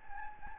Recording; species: mosquito wingbeat signal from an infrared sensor; Anopheles gambiae